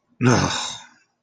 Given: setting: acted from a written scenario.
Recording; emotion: vocal sound without words; guilt